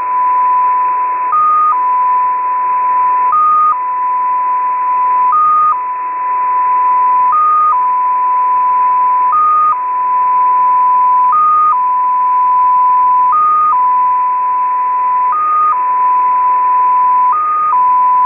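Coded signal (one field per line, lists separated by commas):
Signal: multi-tone FSK (Olivia or MFSK type)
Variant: XPA2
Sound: steady mid tone with a short higher blip every two seconds, about 9 times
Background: radio static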